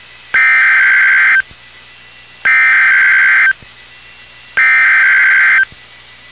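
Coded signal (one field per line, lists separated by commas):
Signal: Emergency Alert System (SAME) tones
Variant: header bursts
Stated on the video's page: Real NOAA Weather Radio tornado warning alert.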